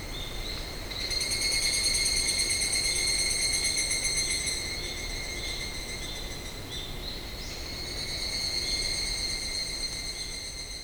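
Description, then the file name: Evening cicada calling: a high, ringing, pulsed trill with stacked tonal bands, rising and falling in loudness over about ten seconds, above a constant hiss. "higurashi"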